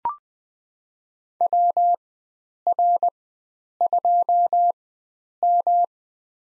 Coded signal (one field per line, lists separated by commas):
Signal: Morse code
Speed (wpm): 20 wpm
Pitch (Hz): 700 Hz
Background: none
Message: WR2M